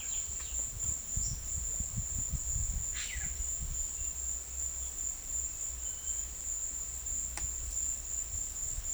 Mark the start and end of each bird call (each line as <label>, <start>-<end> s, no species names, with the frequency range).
bird call (1.2-4.8 kHz), 2.94-3.39 s